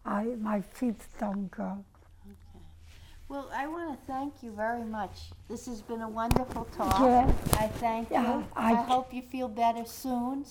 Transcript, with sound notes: I, my feet don't go.
Well I want to thank you very much. This has been a wonderful (microphone noise) I thank you. I hope you feel better soon.